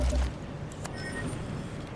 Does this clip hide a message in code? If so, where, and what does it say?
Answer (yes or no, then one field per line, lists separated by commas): no